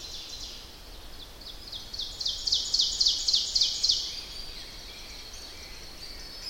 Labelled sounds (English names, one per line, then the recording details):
Ovenbird song
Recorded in boreal forest in Alberta, Canada, on 10 June 2016 at 08:56
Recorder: SongMeter 3, array SBT-3-39
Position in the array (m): 212 m, 176 m
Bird 17